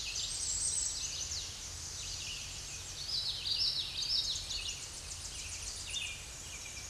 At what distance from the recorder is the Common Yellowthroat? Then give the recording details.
about 25 m. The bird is about level with the microphone. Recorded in a Pennsylvania forest on 16 May 2024 at 07:36. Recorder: AudioMoth, point MSD-1293. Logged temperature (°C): 12.0 °C. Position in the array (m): 31 m, 148 m